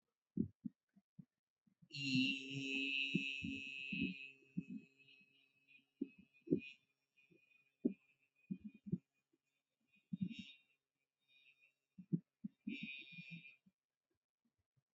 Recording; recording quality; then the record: sustained vowel as in beet; moderate, slight background noise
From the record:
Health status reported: healthy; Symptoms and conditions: none ticked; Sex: male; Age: 39 years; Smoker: not ticked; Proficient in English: yes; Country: India